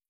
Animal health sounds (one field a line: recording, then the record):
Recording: hydrophone in a shrimp aquaculture tank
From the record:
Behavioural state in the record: feeding